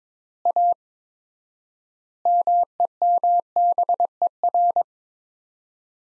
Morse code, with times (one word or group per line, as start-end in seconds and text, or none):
0.5-0.7 A
2.3-4.8 MEMBER